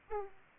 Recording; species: mosquito wingbeat signal from an infrared sensor; Aedes aegypti